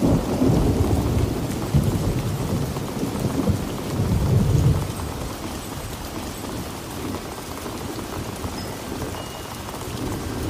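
A storm with steady, dense rain falling throughout. Low rolling thunder rumbles through the first five seconds, swelling around the two- and four-second marks before easing off, leaving the even hiss of rain on surfaces for the rest.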